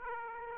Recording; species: mosquito wingbeat signal from an infrared sensor; Aedes aegypti